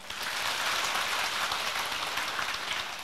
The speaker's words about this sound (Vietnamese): Kính thưa quý đạo hữu, chúng ta tự mình thưởng cho nhau một tràng pháo tay.